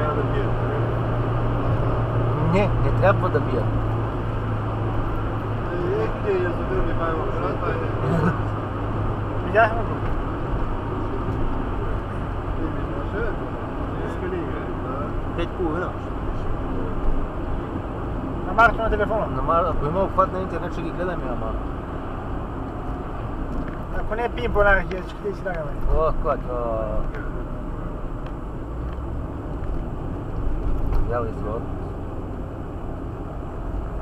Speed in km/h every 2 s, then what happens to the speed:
109, 107, 100, 99, 97, 91, 86, 82, 81, 80, 76, 71, 63, 61, 57, 54, 52.
0-34 slows to 52.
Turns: none.